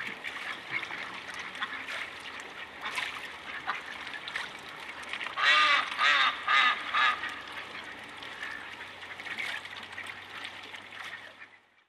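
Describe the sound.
Ducks quacking, a quick burst of harsh, nasal quacks clustered in the middle, with fainter calls before and after over a steady background hiss.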